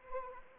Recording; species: mosquito wingbeat signal from an infrared sensor; Anopheles arabiensis